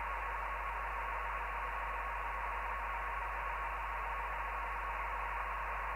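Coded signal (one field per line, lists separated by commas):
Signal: NAVTEX (SITOR-B)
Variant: 100 baud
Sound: rapid continuous two-tone warble near 1 kHz, buzzy and steady, in hiss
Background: radio static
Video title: Navtex 517Khz Rogaland Norway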